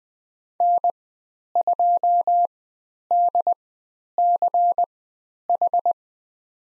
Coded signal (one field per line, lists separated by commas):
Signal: Morse code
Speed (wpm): 20 wpm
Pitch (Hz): 700 Hz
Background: none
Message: N2DCH